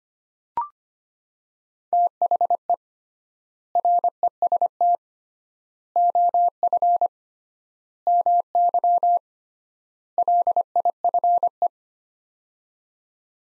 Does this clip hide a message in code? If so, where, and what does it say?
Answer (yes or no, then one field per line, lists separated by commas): yes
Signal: Morse code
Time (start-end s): 1.9-11.7 s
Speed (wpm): 25 wpm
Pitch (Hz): 700 Hz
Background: none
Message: THE REST OF MY LIFE